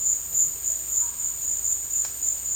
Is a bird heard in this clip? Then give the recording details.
no. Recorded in dense forest near Puerto Asís, Putumayo, Colombia, on 21 December 2024 at 14:30. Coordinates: 0.485, -76.318. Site GP03